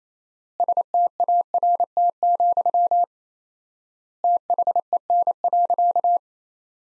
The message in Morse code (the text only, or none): START, THEN.